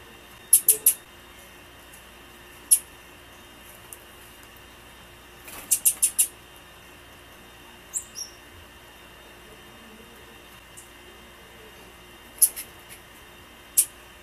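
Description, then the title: Blue-black grassquit calling with very high, sharp tsip notes, some in quick clusters of three or four, others single, spaced irregularly across a quiet, hissy background. Female bird. "Piado De Fêmea De Tiziu"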